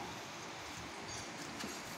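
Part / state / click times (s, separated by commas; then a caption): wiring connector plug onto alternator IC regulator terminal / not seated / none. A wiring terminal plug (IG/S terminals) is being handled onto the IC regulator charging-system connector on the engine-stand wiring of a Toyota Corona alternator. Only a steady, even broadband noise is heard, with no sharp transients. Nothing has seated or clicked yet.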